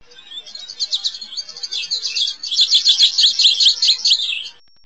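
American goldfinch calls, a rapid twittering series of high, sweet chirping notes that grows louder toward the end, with no other clear sounds.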